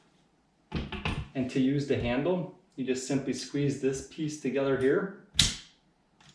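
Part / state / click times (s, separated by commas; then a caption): telescoping handle lock on folding hand truck / released / 5.4 s. Someone talks while squeezing together the release piece on the telescoping aluminum handle of a Winice folding hand truck dolly with an adjustable-height handle. A sharp, short click at 5.4 s marks the handle lock releasing, unlocking the handle.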